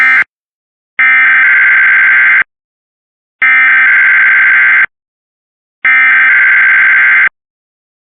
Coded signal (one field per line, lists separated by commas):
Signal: Emergency Alert System (SAME) tones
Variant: header bursts